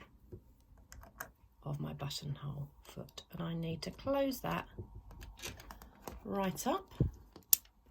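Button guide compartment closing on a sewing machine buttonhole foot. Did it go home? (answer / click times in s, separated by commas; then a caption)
yes / 7.5 s. Someone talks while a button is placed in the compartment at the back of a sewing machine buttonhole foot and the plastic button holder is pushed closed, with small taps and clicks along the way. It snaps shut with a sharp click at 7.5 s, seating the button so it is tight and won't move.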